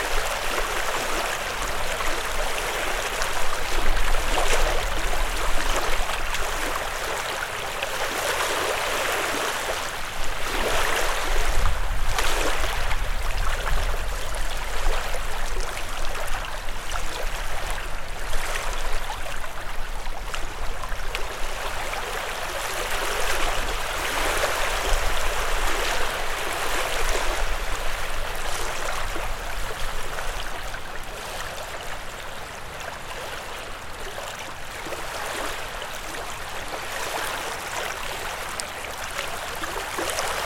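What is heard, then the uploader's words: Water rushes steadily throughout, a dense, hissing wash concentrated in the middle and upper range, like a stream or small cascade. Its level swells slightly around the fourth and twelfth seconds, then settles. A faint low rumble sits underneath. Water Recording. I love taking some time in the morning to walk a bit in nature when I can, so today I just brought my recorder with me. A stiff autumn breeze kicked up the water just enough to generate interest, but not so much that it overwhelmed the H5's (somewhat finicky) stock mics.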